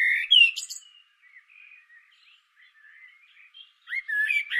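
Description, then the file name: Common blackbird song: a mellow phrase with a high squeaky end opens, then faint fluting, then another loud warbled phrase. "Turdus merula"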